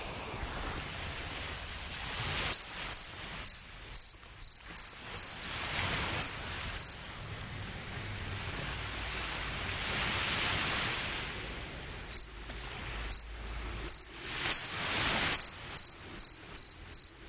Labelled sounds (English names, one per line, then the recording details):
Two-spotted Cricket stridulation
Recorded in the wild
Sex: male
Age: imago
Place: Chania, Insel Kreta, GR
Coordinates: 35.5164, 24.0189
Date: 1996-10-10 22:25
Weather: 18°C, cloudy
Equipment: Sony MD-WM MZ-R3, Sennheiser MKH 416 T, Kopie Uher 4000 Report Monitor
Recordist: Tembrock, Günter